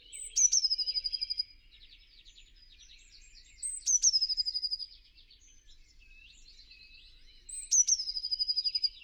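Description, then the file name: Eurasian blue tit repeating its song about every three and a half seconds: a piercing high note leading into a quick tinkling trill, with busy twittering between phrases. "Cyanistes caeruleus"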